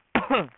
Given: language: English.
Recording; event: throat vibration sensor signal played as sound; cough